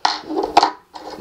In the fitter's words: there and once it you hear that click it's all uh set back in place